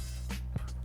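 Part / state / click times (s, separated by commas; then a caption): graphics card into motherboard PCIe slot / not seated / none. A graphics card is slid in along the PCI bracket toward the motherboard PCIe slot, with a steady low hum and broadband noise throughout and a brief soft knock at about 0.6 s. Nothing has seated or clicked yet.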